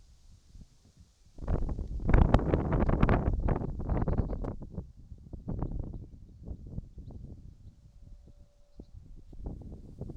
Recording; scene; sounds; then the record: everyday scene through a hearing-aid microphone; wind on the microphone; wind, whistling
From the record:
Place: in front of a rural house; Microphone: in the ear canal, right